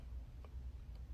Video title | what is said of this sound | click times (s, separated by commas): How to install and measure 121 truth Amesbury 121 casement and awning hinge kit | the set ring and then to install it you just push it on and it snaps into place | 0.4 s